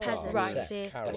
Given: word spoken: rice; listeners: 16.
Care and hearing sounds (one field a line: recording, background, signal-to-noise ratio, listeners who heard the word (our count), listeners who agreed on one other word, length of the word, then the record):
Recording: one English word in noise, from a listening test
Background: four-talker babble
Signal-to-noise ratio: 0.3 dB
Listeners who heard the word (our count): 0 of 16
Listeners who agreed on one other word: 10 of 16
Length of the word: 0.77 s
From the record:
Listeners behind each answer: 10, 6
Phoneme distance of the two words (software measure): 34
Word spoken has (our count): 1 syllable, 3 phonemes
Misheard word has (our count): 2 syllables, 5 phonemes, stress on syllable 1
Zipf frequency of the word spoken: 4.42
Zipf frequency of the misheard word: 3.43